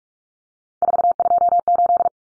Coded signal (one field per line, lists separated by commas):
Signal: Morse code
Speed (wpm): 44 wpm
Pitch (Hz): 700 Hz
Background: none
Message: 428